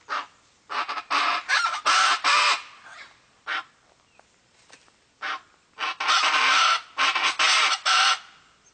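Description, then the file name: Chaco chachalaca harsh, scratchy calls delivered in loud choppy bursts separated by short silences. Recorded in the Pantanal. "Aracua"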